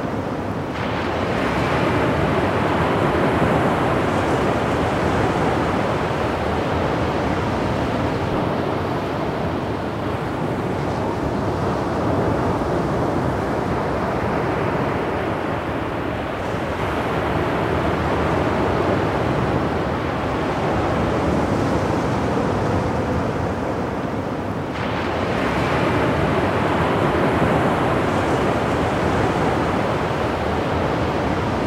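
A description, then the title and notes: Ocean waves roll in as a dense, continuous wash that fills the whole clip. The roar swells and eases in slow cycles, with bright hissing surges rising near the start, around seventeen seconds and again at twenty-five seconds, over a steady low rumble. Distinct Ocean Waves.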